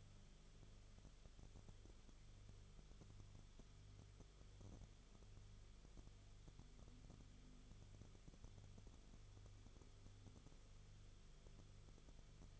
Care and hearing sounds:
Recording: daily activity, microphone in the room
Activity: no activity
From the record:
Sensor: 4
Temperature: 22.9 degrees Celsius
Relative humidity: 34.4%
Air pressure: 1011.5 hPa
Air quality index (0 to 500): 193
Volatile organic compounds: 13 ppm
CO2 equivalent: 2388 ppm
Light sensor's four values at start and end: 2/3/1/1 and 2/3/1/1

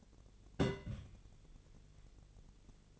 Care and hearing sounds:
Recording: daily activity, microphone in the room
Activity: place on stove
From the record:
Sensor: 4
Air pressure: 1000.8 hPa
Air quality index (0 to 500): 125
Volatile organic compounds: 1 ppm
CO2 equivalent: 941 ppm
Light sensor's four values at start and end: 38/92/39/42 and 38/92/39/42

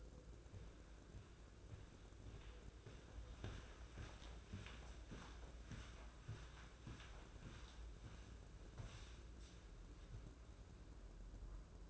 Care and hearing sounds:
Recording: daily activity, microphone in the room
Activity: walk to room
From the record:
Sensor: 2

